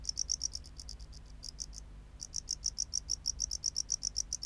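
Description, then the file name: Tropical house cricket song: quick, high chirp pulses in two runs split by a brief silent gap, the second run steady and even. "Bio Acoustica. Gryllodes sigillatus"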